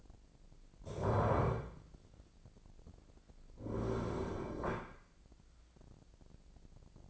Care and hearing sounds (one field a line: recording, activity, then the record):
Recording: daily activity, microphone in the room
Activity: stand up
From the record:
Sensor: 5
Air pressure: 1009.3 hPa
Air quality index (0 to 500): 156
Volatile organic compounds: 2 ppm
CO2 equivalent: 1197 ppm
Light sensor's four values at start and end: 257/619/261/284 and 251/605/255/277